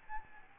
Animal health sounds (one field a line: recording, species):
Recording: mosquito wingbeat signal from an infrared sensor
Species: Aedes albopictus